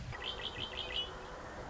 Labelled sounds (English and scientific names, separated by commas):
Red-winged Blackbird (Agelaius phoeniceus)